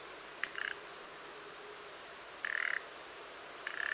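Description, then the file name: Common nightingale calls: short harsh croaking bursts recurring every one to two seconds, over hiss. "Luscinia megarhynchos"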